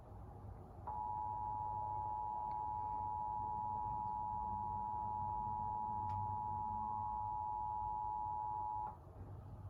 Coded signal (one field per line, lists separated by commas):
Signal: Emergency Alert System (SAME) tones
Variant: 853 and 960 Hz attention tone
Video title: EAS #1532 IL RMT on WBBM-TV